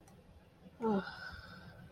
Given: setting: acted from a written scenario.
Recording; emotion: vocal sound without words; embarrassment